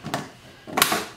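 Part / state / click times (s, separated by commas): plastic door into shoe box frame / seated / 0.8 s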